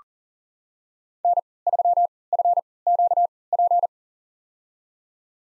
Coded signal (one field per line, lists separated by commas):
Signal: Morse code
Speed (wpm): 39 wpm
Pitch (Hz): 700 Hz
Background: none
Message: N3FQP